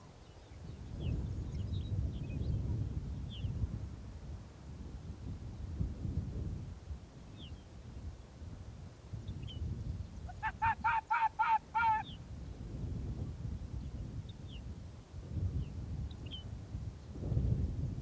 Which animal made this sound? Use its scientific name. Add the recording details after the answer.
Vulpes lagopus. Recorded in the wild. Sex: male. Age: adult. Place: Insel Mednyi, Kommandeur-Inseln, RU. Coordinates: 54.5167, 168.083. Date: 1999-07-09. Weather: heiter, 9°C. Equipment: Sony WM-D6C, Sennheiser MKH 70, Windkorb, Kopie Sony TCD-D8. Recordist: Frommolt, Karl-Heinz